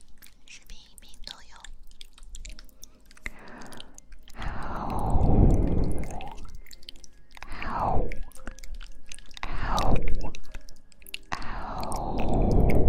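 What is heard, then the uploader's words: Soft kisses and ear-picking sounds, starting with quiet scattered clicks and pops over the first few seconds. From about four seconds, longer wet, rustling bursts swell and fade, with one every couple of seconds and the last one still going at the end. ASMR kisses in the ear, comfortably picks out the ears.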